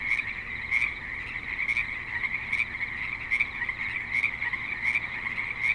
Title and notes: Frogs in Spanish Springs, NV - creek view. Frogs with light traffic and other suburban sounds